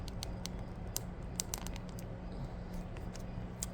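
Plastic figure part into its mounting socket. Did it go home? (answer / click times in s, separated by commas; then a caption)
no / none. A plastic part of a McFarlane Elite Edition #2 Lilith Diablo IV figure is pushed into its mounting socket, making a series of small plastic taps and knocks. The part only rests semi-snug and does not pop in; nothing has clicked into place.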